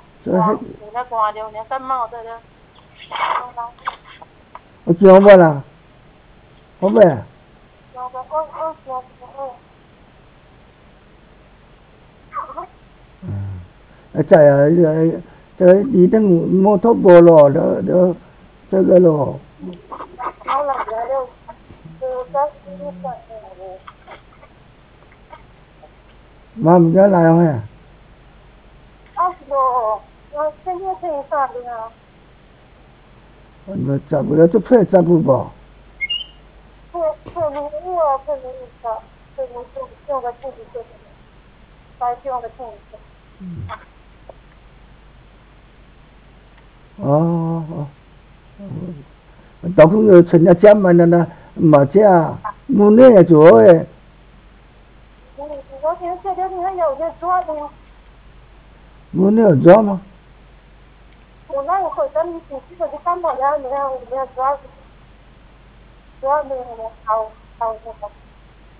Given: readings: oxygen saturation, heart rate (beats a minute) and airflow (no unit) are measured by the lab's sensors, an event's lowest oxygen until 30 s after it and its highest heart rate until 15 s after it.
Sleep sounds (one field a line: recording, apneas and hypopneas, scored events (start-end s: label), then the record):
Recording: a person awake in a sleep study, by a voice recorder at the bedside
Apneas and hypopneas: none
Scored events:
0.00-68.80 s: awake
From the record:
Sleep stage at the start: awake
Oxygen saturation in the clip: 93 to 95%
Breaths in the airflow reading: 15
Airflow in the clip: -7.0 to 6.1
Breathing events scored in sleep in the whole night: 270 in 6.1 hours asleep